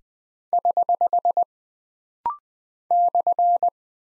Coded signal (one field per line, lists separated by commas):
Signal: Morse code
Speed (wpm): 20 wpm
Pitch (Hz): 700 Hz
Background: none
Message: <HH> /